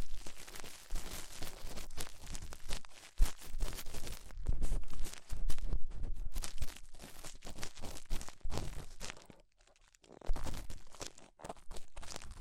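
Ear cleaning with rhinestone and clay removal sounds as dense, crackly scraping and crinkling that fills the whole range from low rumble to bright hiss. The rubbing comes in rapid, uneven bursts, with a sharp pop near three seconds and a near-silent pause around ten seconds.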